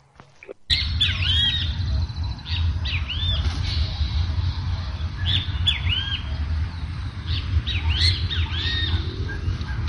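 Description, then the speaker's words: Great Kiskadee calls: scattered sharp, arched, squeaky notes from several birds overlapping, over a steady low rumbling background hum. "La despedida de los veos al atardecer."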